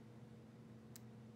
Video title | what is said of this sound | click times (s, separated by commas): All about Molex connectors, sizes, pins, tools and crimping! - PinballHelp.com | we'll just push this in until we hear it click your click was heard | 1.0 s